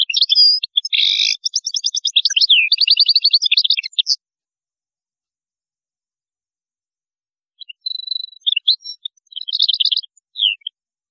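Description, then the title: European goldfinch song: a fast, dense run of tinkling and buzzy twittering notes for four seconds, then a pause and a shorter twittering phrase. "Chant Chardonneret"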